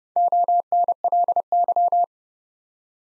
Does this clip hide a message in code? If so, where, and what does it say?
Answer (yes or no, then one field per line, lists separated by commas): yes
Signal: Morse code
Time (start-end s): 0.2-2.0 s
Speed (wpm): 31 wpm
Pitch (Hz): 700 Hz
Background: none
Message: ONLY